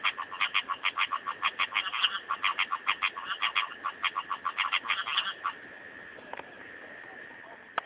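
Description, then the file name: Rocket frog call: a fast run of clipped, rasping pulses for about five seconds, then it stops, leaving a soft background hiss with a few faint clicks. "litoria nasuta"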